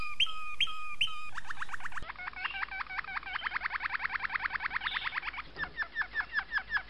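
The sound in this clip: Domestic canary song opening with three loud looping notes, then a long rhythmic run of fast repeated chirps with brief rolls at the end.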